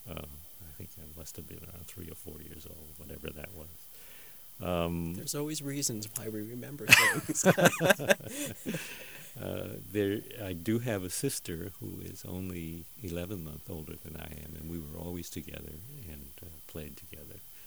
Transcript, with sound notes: I think I must have been around three or four years old, whenever that was.
There are always reasons why we remember things (both laughing together)
I do have a sister who is only eleven month older than I am and we were always together and playing together.